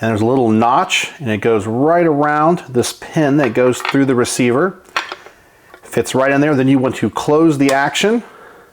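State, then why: Not seated. Someone talks while fitting the barrel of a Winchester Model 37A 20 gauge single-shot shotgun into its receiver, hooking the little notch on the barrel around the pin that runs through the receiver before closing the action. A few brief metallic handling taps are heard around 5.0 to 5.7 seconds between the talking. Nothing has seated or clicked yet; the barrel is not locked in place by the end of the clip.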